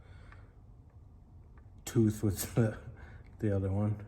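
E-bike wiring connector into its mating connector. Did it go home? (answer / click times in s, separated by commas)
no / none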